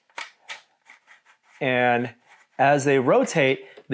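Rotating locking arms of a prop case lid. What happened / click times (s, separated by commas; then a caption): The rotating arms locked the lid / 0.2 s, 0.5 s. The three rotating arms on the plastic lid of a Star Wars Camtono case model paint caddy are turned to lock the lid, giving sharp clicks at about 0.2 and 0.5 seconds. The arms lock the lid in place, and someone then talks.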